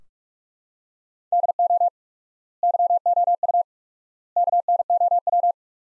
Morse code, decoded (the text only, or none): DO YOU KNOW